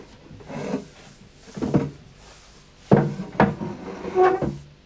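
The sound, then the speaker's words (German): A wooden chair is set down with a series of hollow knocks and brief scraping bumps, five or so irregular thuds of moderate loudness, with no voices. “Hier hast du einen Stuhl.”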